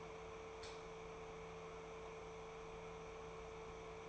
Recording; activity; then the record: daily activity, microphone in the room; light on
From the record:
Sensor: 1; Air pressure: 1014.6 hPa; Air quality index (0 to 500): 174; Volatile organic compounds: 14 ppm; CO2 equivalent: 2466 ppm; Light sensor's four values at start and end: 12/29/12/13 and 15/43/16/18